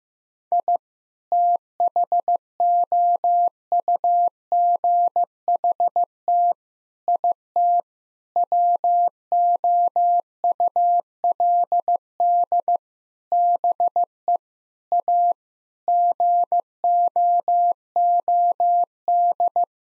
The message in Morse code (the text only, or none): I THOUGHT IT WOULD BE A GOOD